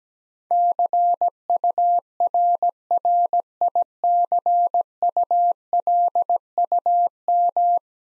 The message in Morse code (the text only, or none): CURRICULUM